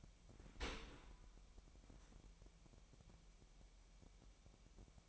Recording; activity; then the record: daily activity, microphone in the room; open dishwasher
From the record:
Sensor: 1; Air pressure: 998.4 hPa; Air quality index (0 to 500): 138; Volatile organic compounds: 4 ppm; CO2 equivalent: 1649 ppm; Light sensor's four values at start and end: 16/56/22/22 and 16/56/22/22